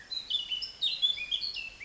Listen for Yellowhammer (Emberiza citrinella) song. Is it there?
no